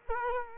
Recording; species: mosquito wingbeat signal from an infrared sensor; Culex quinquefasciatus